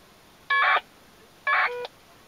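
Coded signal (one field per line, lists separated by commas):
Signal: packet radio (AX.25, as in APRS)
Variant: 1200 baud AFSK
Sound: two brief harsh buzzing data bursts, about a second apart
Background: faint hiss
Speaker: and the two stations disconnected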